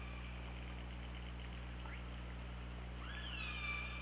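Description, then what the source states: Killer whale call, a bright tonal sweep that rises quickly then slides down and levels off, after fainter calls, with constant low hydrophone hum. OrcaLab hydrophone, 24 August 2017, 21:26.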